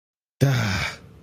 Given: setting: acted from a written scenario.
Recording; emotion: vocal sound without words; shame